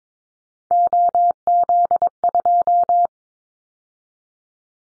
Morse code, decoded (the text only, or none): OZ2